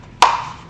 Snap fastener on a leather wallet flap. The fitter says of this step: so that when this thing snaps up together it will look like this